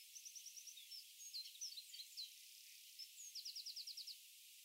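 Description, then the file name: Eurasian wren song, thin high notes and a fast repeated trill near the end, faint against a steady hiss. "Troglodytes troglodytes"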